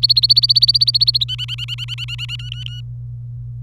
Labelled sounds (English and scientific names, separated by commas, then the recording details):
Domestic Canary (Serinus canaria) song
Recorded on 25 April 2018 at 15:00
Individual llb3